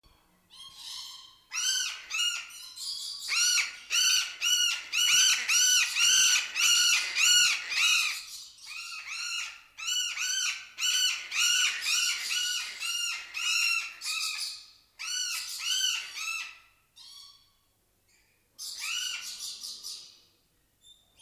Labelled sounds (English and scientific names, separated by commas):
Red-bellied Macaw (Orthopsittaca manilatus) call